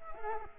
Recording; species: mosquito wingbeat signal from an infrared sensor; Culex quinquefasciatus